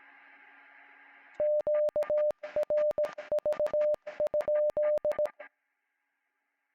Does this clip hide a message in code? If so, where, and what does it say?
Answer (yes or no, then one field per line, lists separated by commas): yes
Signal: Morse code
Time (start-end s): 1.4-5.3 s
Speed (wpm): 17 wpm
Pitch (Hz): 600 Hz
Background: music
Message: QRV?